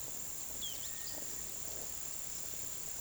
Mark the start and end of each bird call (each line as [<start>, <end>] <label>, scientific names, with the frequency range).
[0.84, 1.41] Crypturellus cinereus (1.4-2.2 kHz)